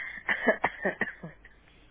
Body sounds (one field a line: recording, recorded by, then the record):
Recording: voluntary cough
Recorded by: telephone call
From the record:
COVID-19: negative